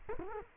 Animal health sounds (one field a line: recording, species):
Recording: mosquito wingbeat signal from an infrared sensor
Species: Culex quinquefasciatus